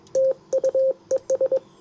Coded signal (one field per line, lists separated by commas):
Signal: Morse code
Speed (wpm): 22 wpm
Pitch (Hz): 530 Hz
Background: none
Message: TUES